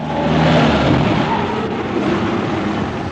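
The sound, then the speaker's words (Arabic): A somewhat worn-out car engine revs with a loud, steady roar and a low humming drone underneath, holding for about three seconds with no voices. “انا لاحظت ان الموتور بتاعكم تعبان شويه.”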